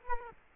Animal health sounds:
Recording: mosquito wingbeat signal from an infrared sensor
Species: Culex quinquefasciatus

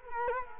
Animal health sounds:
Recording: mosquito wingbeat signal from an infrared sensor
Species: Culex quinquefasciatus

